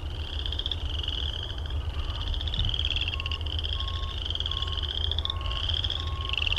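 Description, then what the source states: Frog chorus of high pulsing trills, joined by a lower short note repeated regularly, over a steady low rumble. Recorded at Heartland Meadows.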